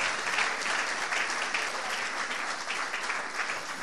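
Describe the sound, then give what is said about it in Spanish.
An audience at a sermon claps steadily for about four seconds, a dense, even wash of many hands with no pauses and no voices standing out. “Vamos a darle el aplauso porque el nombre está inscrito.”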